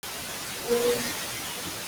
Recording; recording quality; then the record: sustained vowel as in made; poor, much background noise or distortion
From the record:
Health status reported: healthy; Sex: female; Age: 23 years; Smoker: no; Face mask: worn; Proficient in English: yes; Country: India